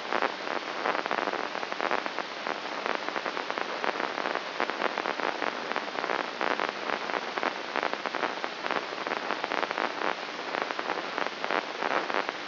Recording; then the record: brain microelectrode recording played as sound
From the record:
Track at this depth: inside the subthalamic nucleus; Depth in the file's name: 4.23 mm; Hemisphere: left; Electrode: 3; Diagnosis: Parkinson's disease